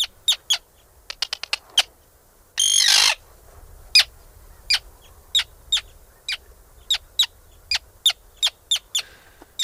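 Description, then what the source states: Arctic tern calls: short, sharp, crackling clicks repeated irregularly, with a brief burst of harsh rasping noise near the three-second mark. Described as a crackling electric call.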